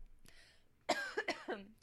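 A faint throat sound, then a quick run of about four short, voiced coughs from an adult woman with a ragweed allergy.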